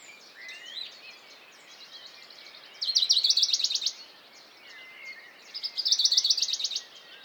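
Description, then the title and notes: Western Bonelli's warbler: two bright rattling trills about three seconds apart, with other birds chirping and whistling in the background. Dawn chorus, 6 May 2020, Piste aux espagnols, Valmaravel, Drôme; unpaired bird fixed on a small pine branch, rapid courtship song to attract a female, not territorial; Nagra Seven recorder, MKH40 microphone. "CHORUS DE BONELLI. 06 mai 2020-Piste aux espagnols - Valmaravel - Drôme - Nagra seven - mkh40 Le chorus (lever du jour des oiseaux) est très intéressant ce matin de mai par ce chant étonnant du Pouillot de Bonelli (Phylloscopus bonelli)"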